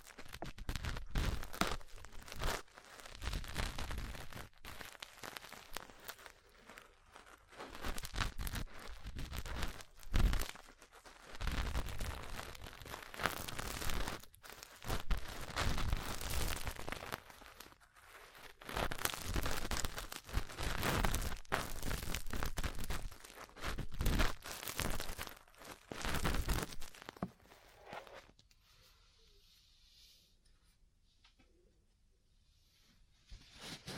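Ear cleaning and massage sounds: dense crinkly rubbing and scratching with soft taps, steady for about 28 seconds, then fading to near silence.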